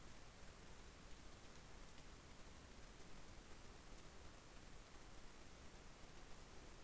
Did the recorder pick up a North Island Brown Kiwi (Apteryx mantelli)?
no